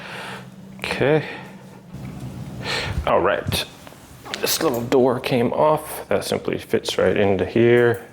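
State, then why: Not seated. Someone talks while handling the small metal wire door that came off a PawGiant pet kennel, fitting it back onto the wire cage frame where it hooks into place. Only faint handling noise is heard under the talking. Nothing has seated or clicked yet when the clip ends.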